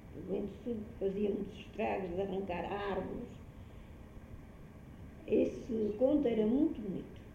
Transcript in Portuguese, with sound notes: O vento sul fazia muitos estragos, de arrancar árvores… [pausa] Esse conto era muito bonito!